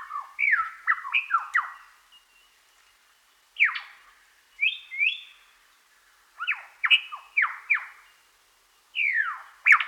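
Superb lyrebird song in separate bursts of sweeping, downslurred whistled notes, several grouped in quick pairs and threes, with quiet gaps between.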